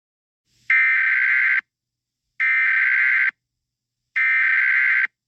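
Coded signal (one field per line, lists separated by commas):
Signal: Emergency Alert System (SAME) tones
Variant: header bursts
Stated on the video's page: Fictional EAS scenario, not a real alert.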